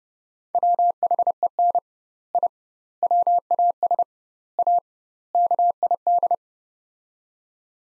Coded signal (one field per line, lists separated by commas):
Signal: Morse code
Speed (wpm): 30 wpm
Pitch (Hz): 700 Hz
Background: none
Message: WHEN I WAS A KID